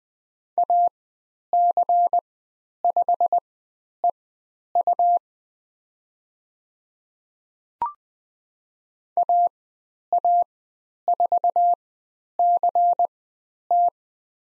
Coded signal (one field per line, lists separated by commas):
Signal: Morse code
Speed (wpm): 20 wpm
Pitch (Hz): 700 Hz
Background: none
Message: AC5EU AA4CT